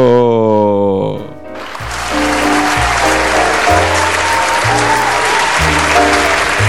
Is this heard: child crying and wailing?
no